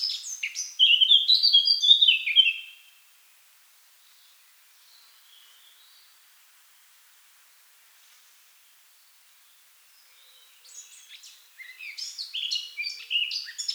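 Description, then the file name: Eurasian blackcap song: a loud, fluty whistled phrase opens, a long near-silent gap follows, then a new scratchy, chattering warble starts up. "Sylvia atricapilla"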